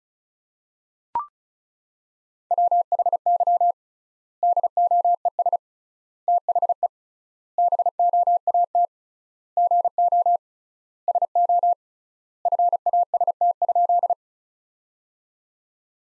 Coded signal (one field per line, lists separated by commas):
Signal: Morse code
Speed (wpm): 34 wpm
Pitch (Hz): 700 Hz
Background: none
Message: WHY DOES THE BOAT GO SO FAST?